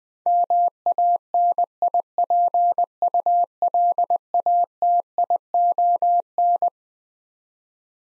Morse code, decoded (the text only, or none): MANIPULATION